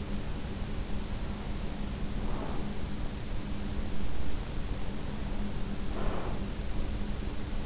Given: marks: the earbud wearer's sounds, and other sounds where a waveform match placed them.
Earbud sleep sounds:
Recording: sounds in sleep by an in-ear microphone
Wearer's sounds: breath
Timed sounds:
1.94-2.78 s: breath
5.72-6.75 s: breath

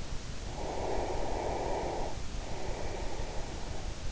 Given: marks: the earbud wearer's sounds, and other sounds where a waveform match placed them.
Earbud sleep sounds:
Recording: sounds in sleep by an in-ear microphone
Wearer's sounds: breath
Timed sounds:
0.40-4.12 s: breath

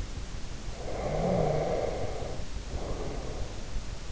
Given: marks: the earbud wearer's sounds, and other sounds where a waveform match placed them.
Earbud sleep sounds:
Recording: sounds in sleep by an in-ear microphone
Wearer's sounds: snoring breath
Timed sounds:
0.64-3.84 s: snoring breath

